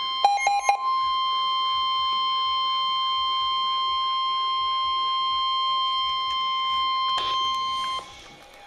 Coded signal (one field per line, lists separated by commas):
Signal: Emergency Alert System (SAME) tones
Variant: 1050 Hz attention tone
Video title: NOAA Weather Radio EAS #139: Severe Thunderstorm Warning